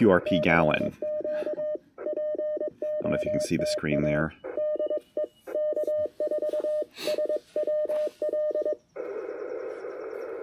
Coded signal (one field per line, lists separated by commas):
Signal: Morse code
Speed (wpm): 21 wpm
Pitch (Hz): 610 Hz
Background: speech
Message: CQ POTA DE K4 SWL